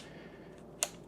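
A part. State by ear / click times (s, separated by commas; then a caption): seated / 0.8 s. A Phillips hex driver bit is dropped into an impact driver's quick-release hex chuck with the collar pulled forward, and the collar is then released. Against a quiet background, a single sharp, bright click sounds at 0.8 s as the bit locks into place in the chuck.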